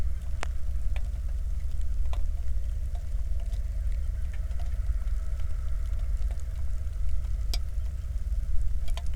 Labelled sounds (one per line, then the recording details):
bird
flare stack
rain
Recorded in the Prudhoe Bay oil fields, Alaska, on 1 August 2019 at 02:01
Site 25